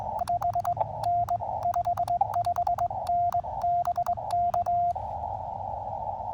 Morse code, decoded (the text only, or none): H N 55N BK